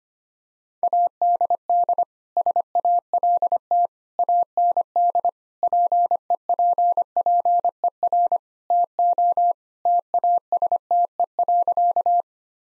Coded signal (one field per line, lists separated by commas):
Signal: Morse code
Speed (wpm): 25 wpm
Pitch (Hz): 700 Hz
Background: none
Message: ADD SALT AND PEPPER TO TASTE.